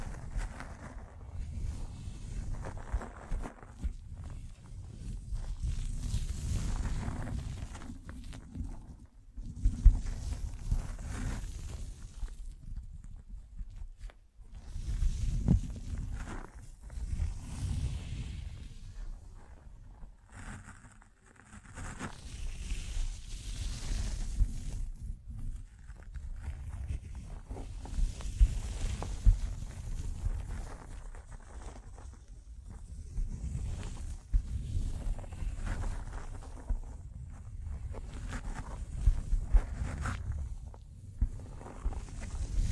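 Brushing and scratching against a microphone, heard as heavy low rumbling rubs that come in uneven bursts every few seconds. Scratchy, rustling textures ride over the thuds, with brief near-silent gaps around 14 and 21 seconds before the handling resumes.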